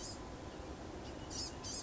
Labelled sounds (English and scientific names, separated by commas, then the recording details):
Blue-gray Gnatcatcher (Polioptila caerulea)
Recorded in Sonoma County, California